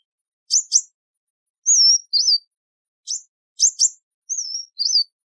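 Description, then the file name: Sunbird calls: paired sharp high chips, then a wavering whistled note and a short twisting note, with the sequence given twice over a quiet background. "Tieng chim hut mat"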